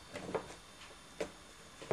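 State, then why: Not seated. The rear clip of an unidentified fitted part is handled as it is pushed toward home. Short handling knocks are heard around 0.4 s and 1.2 s, with a louder, sharper one at 2.0 s right at the end. Nothing has seated or clicked into place yet.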